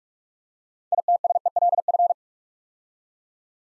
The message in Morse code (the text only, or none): ITSELF